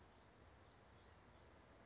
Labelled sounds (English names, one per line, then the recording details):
Western Flycatcher
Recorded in Sonoma County, California